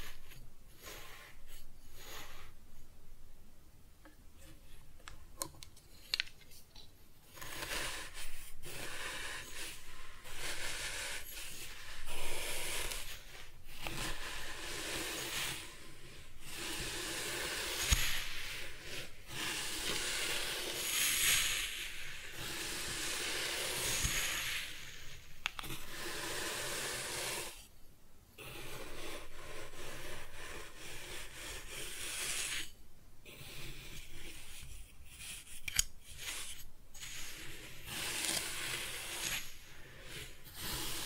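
Kinetic sand being cut and scooped, a continuous soft, gritty rubbing and hissing that swells and thins as the sand is worked. Brief pauses break the texture every few seconds, with sharper little taps and scrapes near 6, 12, 18 and 25 seconds.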